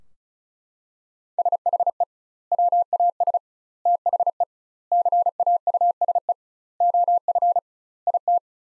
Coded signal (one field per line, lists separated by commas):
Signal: Morse code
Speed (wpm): 34 wpm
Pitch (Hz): 700 Hz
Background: none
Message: SHE WAS THE CAUSE OF IT